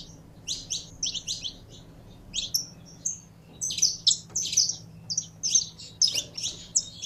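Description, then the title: Canary song of high, sharp chirps and ringing slurred notes, more intense in the second half, over a slightly noisy low hum. Belgian breed canary, described as pure-bred. "Canto Do Canário Belga Puro"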